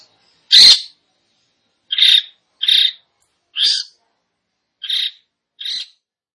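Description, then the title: Long-tailed shrike song of six harsh scratchy notes at uneven gaps, the first loudest. "Cendet Gacor"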